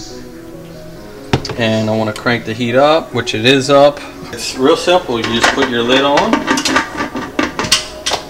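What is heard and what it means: Someone talks while a metal lid is put onto a pressure cooker pot on the heat, which is turned up, with short metallic clanks of handling near the end. The lid has not clicked closed or seated yet.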